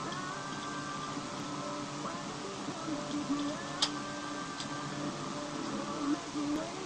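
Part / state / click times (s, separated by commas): hinged lid of a torch mount closing over the torch body / seated / 3.8 s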